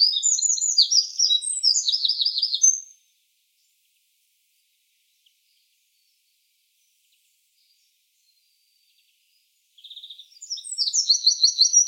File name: Troglodytes troglodytes